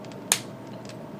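A plastic part is pressed into the leg assembly of an Entry Grade 1/144 RX-78-2 Gundam model kit, and a single sharp, loud snap rings out at 0.3 s over a quiet background. The part snaps into place and is seated.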